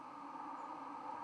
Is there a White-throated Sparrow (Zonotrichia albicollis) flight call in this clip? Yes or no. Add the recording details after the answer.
no. Another species' flight call is heard. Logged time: 02:41 on 31 October 2014